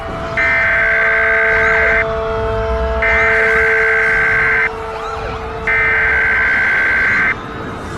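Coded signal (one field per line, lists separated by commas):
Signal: Emergency Alert System (SAME) tones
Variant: header bursts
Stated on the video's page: Fictional EAS scenario using valid SAME tones that can activate SAME equipment.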